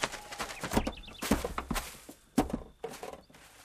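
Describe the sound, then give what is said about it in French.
A white horse's hooves pound along at night in a quick, uneven run of heavy, thudding clops, each hit sharp and bright, with no voices over them. “Mais le silence est fendu par un grand bruit, tandis qu'un cheval s'élance, blanc dans le noir de la nuit.”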